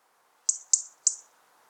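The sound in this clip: European robin giving three sharp, high ticking calls in quick succession over a faint low hum.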